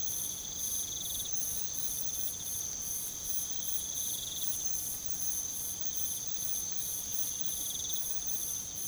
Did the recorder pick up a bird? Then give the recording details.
no. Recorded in pastures near Puerto Asís, Putumayo, Colombia, on 8 March 2025 at 05:00. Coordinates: 0.486, -76.323. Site G075